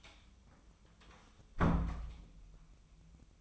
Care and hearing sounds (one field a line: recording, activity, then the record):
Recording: daily activity, microphone in the room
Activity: close door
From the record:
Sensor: 1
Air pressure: 1004.9 hPa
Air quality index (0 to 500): 82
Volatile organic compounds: 2 ppm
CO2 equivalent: 1111 ppm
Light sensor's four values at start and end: 9/23/9/10 and 9/22/9/9